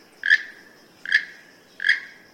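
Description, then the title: Keel-billed Toucan song: three dry, froglike creaking notes, evenly spaced about three-quarters of a second apart. Also called Rainbow-billed Toucan; national bird of Belize; found in jungles from southern Mexico to Venezuela. "Rainbow-Billed Toucan: The Flying Banana"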